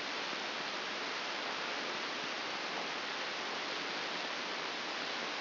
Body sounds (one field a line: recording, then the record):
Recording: brain microelectrode recording played as sound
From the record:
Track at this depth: outside the subthalamic nucleus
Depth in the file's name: 6.861 mm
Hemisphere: left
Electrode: 2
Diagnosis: Parkinson's disease